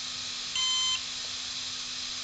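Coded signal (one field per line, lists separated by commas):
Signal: beep code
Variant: brushless ESC programming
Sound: a single steady electronic beep, about half a second, over steady hiss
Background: steady hiss and low hum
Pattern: 1 long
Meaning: One long beep marks the fifth menu item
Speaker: Un bip long, c'est le cinquième, 6.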